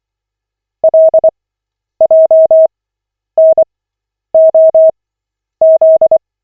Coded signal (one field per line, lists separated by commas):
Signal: Morse code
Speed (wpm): 24 wpm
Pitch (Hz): 640 Hz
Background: none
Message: LJNOZ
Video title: Koch 18/40, 10.02.2025, CW practice session